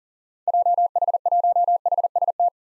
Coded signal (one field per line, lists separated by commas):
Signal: Morse code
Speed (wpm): 40 wpm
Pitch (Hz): 700 Hz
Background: none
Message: JH1HST